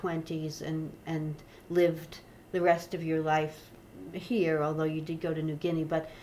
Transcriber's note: none